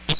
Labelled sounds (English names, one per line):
Hooded Warbler flight call